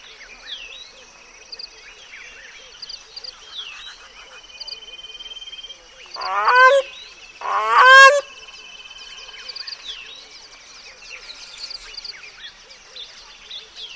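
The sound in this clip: Bird calls: two harsh honks in the middle, against continuous high chirps, whistles and trills from other birds.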